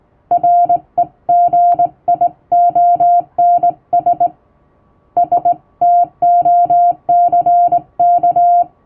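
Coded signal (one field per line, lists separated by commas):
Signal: Morse code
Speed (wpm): 20 wpm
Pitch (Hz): 700 Hz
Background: music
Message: REGIONS STOCK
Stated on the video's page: Morse sent with a vertical straight key by a first-class radiotelegraph operator, practice text.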